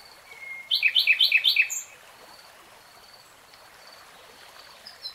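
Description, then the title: Nightingale song: a thin whistle, then a brief fast run of repeated chirping notes, followed by quiet with faint notes. Singing, heard in real time, from a 3-hour recording. "[Tiếng chim hót] REALTIME Nightingale Singing"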